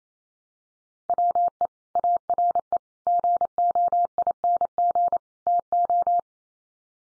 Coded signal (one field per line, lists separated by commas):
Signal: Morse code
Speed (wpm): 28 wpm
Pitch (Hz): 700 Hz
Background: none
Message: WE ARE GOING TO